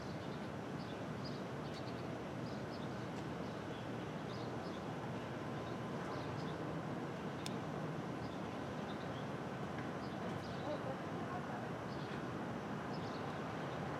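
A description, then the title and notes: Street traffic at dawn makes a steady, dense low rumble that holds level for the whole stretch without a single passing car standing out. Small bright chirps, likely birds, flicker faintly above it every second or two, with a brief sharp click near the middle. Brooklyn Dawn, 4 - 17 - 20, Street Traffic II.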